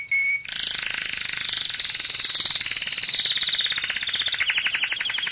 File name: Canary Sound